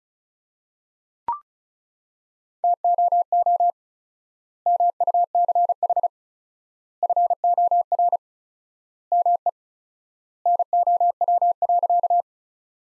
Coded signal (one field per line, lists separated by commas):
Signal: Morse code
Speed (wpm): 34 wpm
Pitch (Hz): 700 Hz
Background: none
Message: TOO MUCH FOR ME NOW.